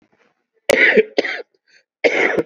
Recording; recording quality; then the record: heavy voluntary cough; excellent, no background noise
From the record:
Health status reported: COVID-19 positive, mild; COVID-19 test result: positive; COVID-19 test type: RT-PCR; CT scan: not taken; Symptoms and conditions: sore throat, fever, fatigue, muscle pain, diarrhoea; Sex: male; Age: 38 years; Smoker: yes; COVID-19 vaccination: both doses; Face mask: not worn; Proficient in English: yes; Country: India